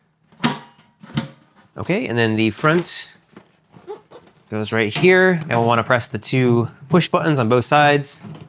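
The top of a CATPAK stainless steel cat litter box is pressed onto the box body during reassembly, and two strong clicks at 0.4 s and 1.2 s mark it latching in on each side. The top is seated. Afterward someone talks.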